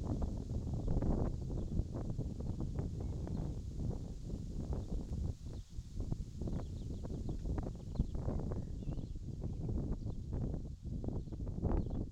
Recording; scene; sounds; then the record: everyday scene through a hearing-aid microphone; wind on the microphone; wind, birds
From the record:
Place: in front of a rural house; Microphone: in the ear canal, left